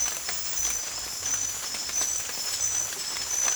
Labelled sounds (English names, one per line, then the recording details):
none
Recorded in secondary vegetation near Puerto Asís, Putumayo, Colombia, on 29 June 2025
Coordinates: 0.488, -76.319
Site G094